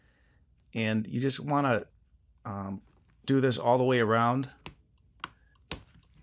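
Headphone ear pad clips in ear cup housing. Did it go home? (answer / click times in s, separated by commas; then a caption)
released / 5.2 s, 5.7 s. Someone talks while a pry tool is worked around between the ear pad and the plastic ear cup housing of Sony XM5 headphones. The pad's plastic clips pop loose with sharp clicks at 5.2 s and 5.7 s, releasing the ear pad from the ear cup.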